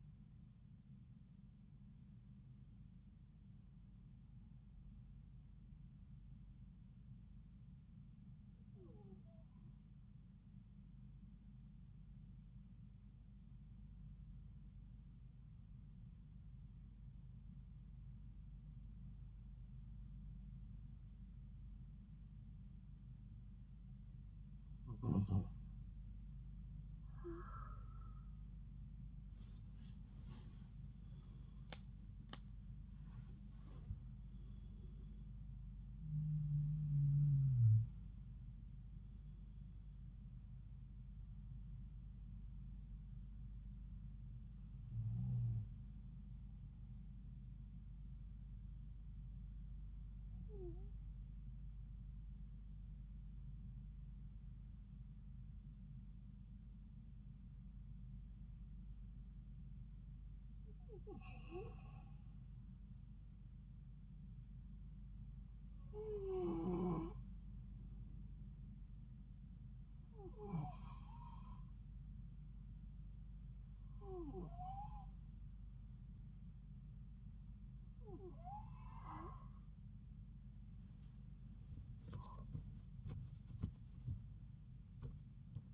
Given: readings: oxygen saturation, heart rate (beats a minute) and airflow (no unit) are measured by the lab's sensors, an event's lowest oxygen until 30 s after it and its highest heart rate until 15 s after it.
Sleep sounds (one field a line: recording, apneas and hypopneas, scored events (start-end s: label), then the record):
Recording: breathing in sleep by a smartphone at the bedside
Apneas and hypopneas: 1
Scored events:
5.00-28.00 s: hypopnea (N1, oxygen 95% highest, then 89% lowest)
From the record:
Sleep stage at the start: N1 (lightest sleep)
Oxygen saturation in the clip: 89 to 96%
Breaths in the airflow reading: 15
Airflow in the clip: -6.4 to 10.5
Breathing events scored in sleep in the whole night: 270 in 6.1 hours asleep